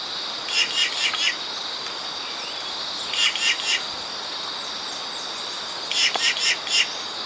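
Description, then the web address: Inca Jay calls, harsh buzzy rattling notes in three short bouts of a few notes each, roughly every three seconds, over a steady high insect drone. Ecuador. "Birds of Ecuador. Inca Jay (Green Jay)"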